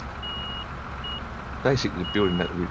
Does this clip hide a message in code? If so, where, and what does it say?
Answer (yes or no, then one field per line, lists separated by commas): no